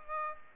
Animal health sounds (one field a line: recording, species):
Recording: mosquito wingbeat signal from an infrared sensor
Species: Aedes aegypti